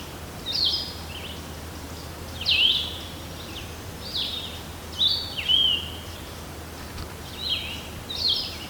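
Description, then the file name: Blue-headed vireo song, short slurred whistled phrases given about once every second or two with brief pauses between; faint low hum beneath. Recorded in Garrett, Maryland, on 12 June 2009. "Blue-headed Vireo Garrett MD"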